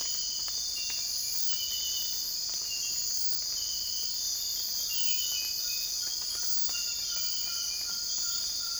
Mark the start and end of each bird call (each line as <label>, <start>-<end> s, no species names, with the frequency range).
bird call (0.7-2.1 kHz), 6.51-8.80 s